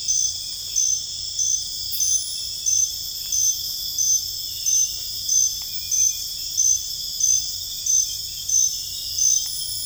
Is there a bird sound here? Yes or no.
no